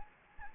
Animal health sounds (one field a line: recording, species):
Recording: mosquito wingbeat signal from an infrared sensor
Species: Anopheles gambiae